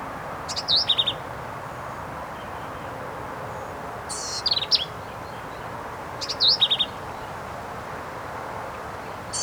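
Black-capped vireo song: brief high phrases of sharp chattery notes with quick slurs, repeated after pauses of a few seconds against faint hiss.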